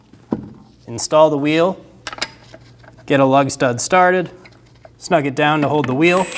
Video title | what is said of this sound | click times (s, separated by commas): How to Replace Front Wheel Bearing & Hub Assemblies 2012-2022 Volkswagen Passat | Push until you hear a click. | 0.3 s